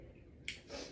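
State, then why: Seated. A fresh lancet is pushed into the holder of an AlphaTrak glucometer lancing device. Over a quiet background, one sharp click sounds at 0.5 s, followed by softer handling noise. The lancet seats in the holder.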